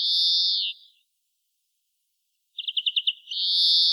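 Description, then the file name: European greenfinch giving a long buzzy wheeze, a silent gap of over a second, then a quick trill running straight into another wheeze. "Chloris chloris"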